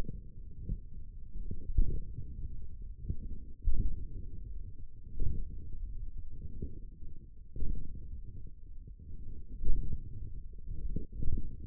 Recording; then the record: forearm muscle sounds (acoustic myography)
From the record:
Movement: radial deviation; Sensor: system 1, eight BSWA MPA416 microphones around the upper forearm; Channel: 3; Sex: male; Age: 42 years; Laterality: right